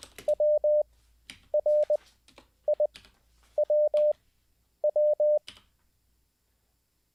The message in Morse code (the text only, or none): WRIWW